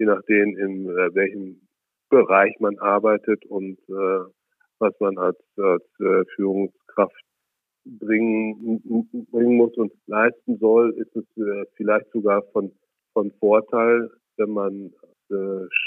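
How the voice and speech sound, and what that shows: A man speaks German at a moderate pace, broken by frequent pauses, stretched filler vowels and repeated words or phrases ("als, als", "bringe, bringen", "von, von"). Mild stuttering, as in his everyday speech, mainly prolongations and repetitions with few hard blocks.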